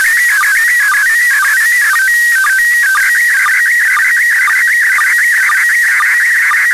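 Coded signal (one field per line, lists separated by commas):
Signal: SSTV (slow-scan television)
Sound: warbling, stepping whistle tone with regular short low sync blips throughout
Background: radio static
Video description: picture 2 starts at 5:00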